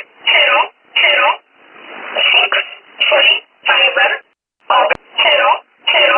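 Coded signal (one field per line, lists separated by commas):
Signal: numbers station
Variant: E11 Oblique, English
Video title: 06 10 2017 Numbers station E11 Oblique in English to Eu 0710 on 9963 unknown tx site in USB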